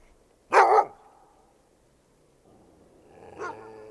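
Dog barking: a single loud, sharp bark, then quiet, and a few seconds later a softer bark.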